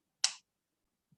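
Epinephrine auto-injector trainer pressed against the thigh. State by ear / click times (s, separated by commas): seated / 0.2 s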